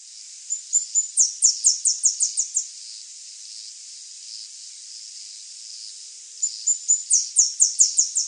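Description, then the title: Saffron-billed sparrow singing high, thin notes that speed into a quick series of downward-slurred chips. The phrase repeats after a pause of several seconds. "LuckyPassaro Completos2Sama. Saffron-billed Sparrow (Arremon flavirostris)"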